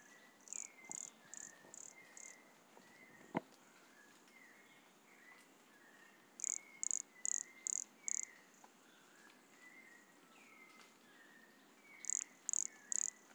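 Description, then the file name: Pumpkin toadlet: series of high, rasping pulsed notes from a pumpkin toadlet, in groups of four to five separated by pauses; faint falling whistles and one sharp click. Recorded at Monte Crista, Brazil, in November 2016, 100 cm from the microphone. "Brachycephalus sulfuratus Monte Crista 100 cm from microphone Luiz Fernando Ribeiro NOV-2016"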